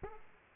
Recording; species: mosquito wingbeat signal from an infrared sensor; Aedes aegypti